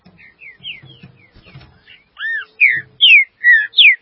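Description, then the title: Green-winged saltator song: quiet whistled notes over soft knocking give way to five loud, clear slurred whistles, mostly falling in pitch. "Trinca Ferro"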